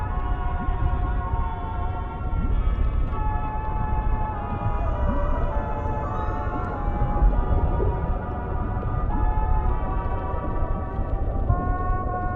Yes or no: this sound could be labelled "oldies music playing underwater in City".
yes